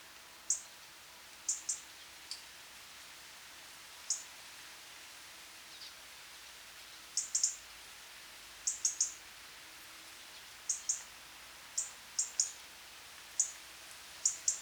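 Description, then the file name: European robin uttering brief, piercing high notes, singly or in close pairs and triplets, scattered irregularly through the recording, with a low constant hum underneath. "Erithacus rubecula"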